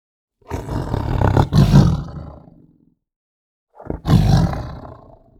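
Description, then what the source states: Tiger growls: two low, harsh, rumbling growls, the first longer and fading slowly, the second beginning abruptly after a pause. Tense growl.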